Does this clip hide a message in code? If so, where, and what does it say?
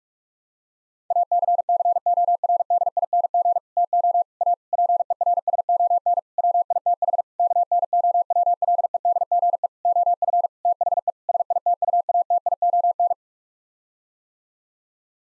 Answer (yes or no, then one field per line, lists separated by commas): yes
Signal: Morse code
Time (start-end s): 1.1-13.1 s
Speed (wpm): 46 wpm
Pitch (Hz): 700 Hz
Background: none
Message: ACCORDING TO A PERSON WITH KNOWLEDGE OF THE SITUATION